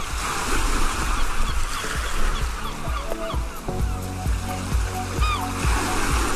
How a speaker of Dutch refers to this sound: Ja, dat klinkt best als vakantie, strand, zee, zon. Heerlijk, maar misschien ook wel een beetje cliché.